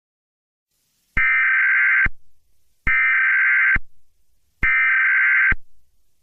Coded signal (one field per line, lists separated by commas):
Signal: Emergency Alert System (SAME) tones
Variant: header bursts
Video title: Nuclear Attack on the United States - WW3 EAS Mock